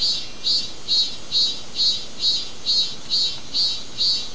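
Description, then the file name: Insect chirping: high, buzzy pulses repeated about twice per second in a very steady rhythm, over a continuous high hum. "mainly insect"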